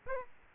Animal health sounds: mosquito wingbeat signal from an infrared sensor; Aedes aegypti

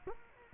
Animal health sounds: mosquito wingbeat signal from an infrared sensor; Culex quinquefasciatus

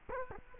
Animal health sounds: mosquito wingbeat signal from an infrared sensor; Culex quinquefasciatus

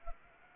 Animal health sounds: mosquito wingbeat signal from an infrared sensor; Anopheles arabiensis

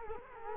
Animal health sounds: mosquito wingbeat signal from an infrared sensor; Culex quinquefasciatus

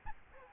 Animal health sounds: mosquito wingbeat signal from an infrared sensor; Aedes albopictus

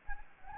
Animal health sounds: mosquito wingbeat signal from an infrared sensor; Anopheles gambiae

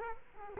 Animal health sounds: mosquito wingbeat signal from an infrared sensor; Culex quinquefasciatus

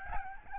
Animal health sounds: mosquito wingbeat signal from an infrared sensor; Aedes albopictus

